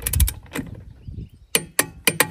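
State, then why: Torque reached. A click-type torque wrench tightens bolt number 1 of the beadlock ring on an aluminum Raceline Monster beadlock wheel. Quick ratcheting strokes are followed by a series of sharp metallic ticks near 1.6, 1.8 and 2.1 seconds. The wrench breaks over with its torque click at 2.2 s, confirming the bolt has reached the set torque.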